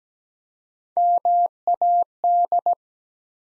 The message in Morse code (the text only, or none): MAD